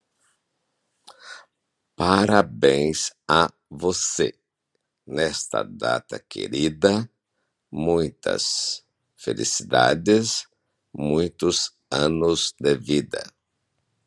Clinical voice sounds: short text; Brazilian Portuguese; male; 60 to 69 years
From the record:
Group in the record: control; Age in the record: 65 years

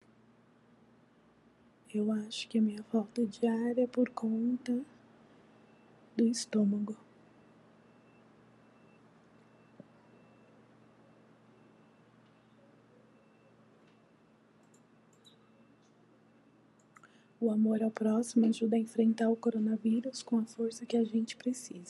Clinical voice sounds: spoken sentence; Brazilian Portuguese; female; 40 to 49 years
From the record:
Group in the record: control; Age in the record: 44 years

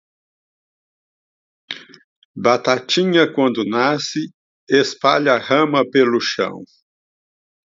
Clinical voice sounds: short text; Brazilian Portuguese; male; 60 to 69 years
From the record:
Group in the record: control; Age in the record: 66 years

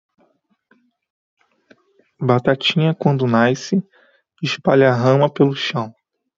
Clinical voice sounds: short text; Brazilian Portuguese; male; 20 to 29 years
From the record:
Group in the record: control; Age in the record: 26 years

